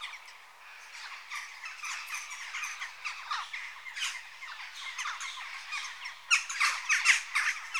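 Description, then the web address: Western jackdaw calls, a steady clamour of short squawking notes, louder near the end. Adult birds. "BBC Sound Effects Library. Jackdaw (Corvus Monedula) Adults"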